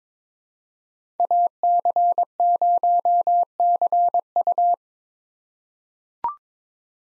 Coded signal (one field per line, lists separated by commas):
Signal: Morse code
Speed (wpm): 22 wpm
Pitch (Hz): 700 Hz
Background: none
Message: AC0CU